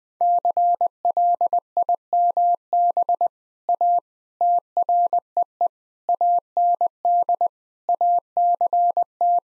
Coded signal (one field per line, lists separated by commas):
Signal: Morse code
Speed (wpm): 20 wpm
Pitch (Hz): 700 Hz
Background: none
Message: CLIMB A TREE AND ACT